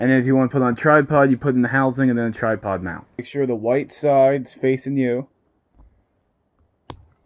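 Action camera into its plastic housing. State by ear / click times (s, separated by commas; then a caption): seated / 6.9 s. Someone talks for about five seconds, and after a short quiet pause, a GoPro action camera is pressed into its plastic protective housing with the white side facing the user. The housing gives one sharp snap at 6.9 s, and the camera is seated.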